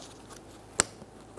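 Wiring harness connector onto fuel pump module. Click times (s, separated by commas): 0.8 s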